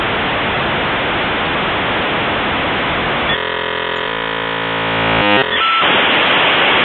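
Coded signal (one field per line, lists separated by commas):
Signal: dial-up modem handshake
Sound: loud hiss, then buzzy multi-tone stepped warbling, a short beep, then hiss again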